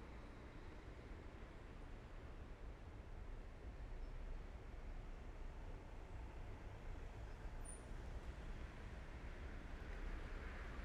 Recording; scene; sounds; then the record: everyday scene through a hearing-aid microphone; in traffic; traffic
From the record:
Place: main road on the outskirts, rush hour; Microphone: behind the ear, left, front